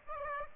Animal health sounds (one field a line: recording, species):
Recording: mosquito wingbeat signal from an infrared sensor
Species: Aedes aegypti